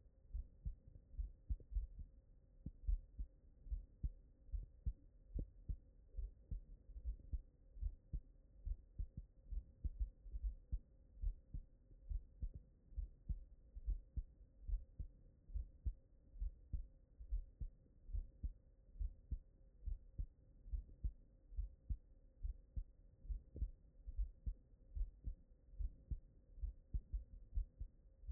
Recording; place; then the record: heart sounds by stethoscope; mitral valve (MV)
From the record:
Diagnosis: non-HFrEF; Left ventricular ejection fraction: 67%